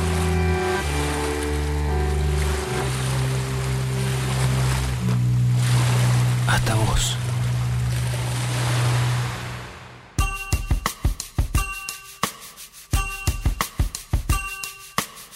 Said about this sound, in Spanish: La correntada, correntada. Trae los sonidos del río hasta vos.